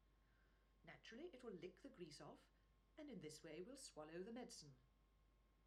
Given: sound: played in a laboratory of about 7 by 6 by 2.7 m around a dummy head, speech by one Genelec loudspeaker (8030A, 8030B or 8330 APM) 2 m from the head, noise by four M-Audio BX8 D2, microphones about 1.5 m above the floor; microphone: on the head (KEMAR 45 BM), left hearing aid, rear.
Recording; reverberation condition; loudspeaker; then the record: female speech in English; low; 90 degrees to the left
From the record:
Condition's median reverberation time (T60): about 310 ms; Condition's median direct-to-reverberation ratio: about 3.5 dB